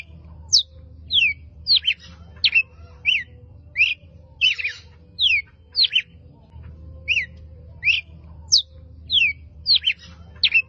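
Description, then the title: Red-cowled cardinal song of sharp whistled slurs, some doubled, rising and falling in an uneven sequence, with a soft constant hum underneath. Female bird, calling. "Canto Galo Campina Fêmea 02. Galo de Campina Chamando para borboletas"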